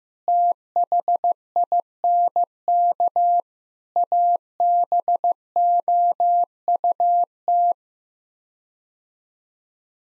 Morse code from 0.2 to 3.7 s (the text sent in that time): THINK